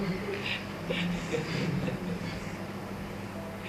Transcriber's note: laughter